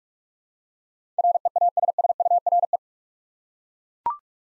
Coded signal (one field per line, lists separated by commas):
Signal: Morse code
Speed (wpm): 42 wpm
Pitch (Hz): 700 Hz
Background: none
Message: REASSURE